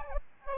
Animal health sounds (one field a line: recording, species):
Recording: mosquito wingbeat signal from an infrared sensor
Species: Aedes albopictus